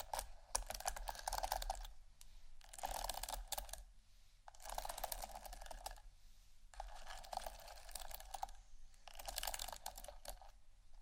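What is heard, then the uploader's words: Scratching and tapping textures come in dense bursts of about a second or two, with short quieter gaps between them at a fairly regular pace. Each burst is a bright, rapid clatter of small clicks, much like fast typing on a keyboard, over a faint low hum. ASMR Textures Scratching & Tapping (No Talking).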